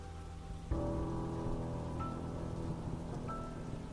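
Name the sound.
rain falling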